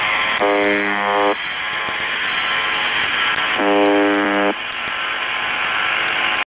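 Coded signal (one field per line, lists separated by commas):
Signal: channel marker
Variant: UVB-76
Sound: two short, harsh, low buzzes about a second long, separated by hissing static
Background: radio static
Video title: UVB-76 spielt Musik und Nachrichten/ UVB-76 Playing Music and Text massage ELH#191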